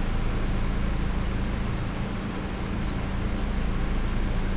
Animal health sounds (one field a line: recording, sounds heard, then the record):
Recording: poultry house recording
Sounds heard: no chicken sound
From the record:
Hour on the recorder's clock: 20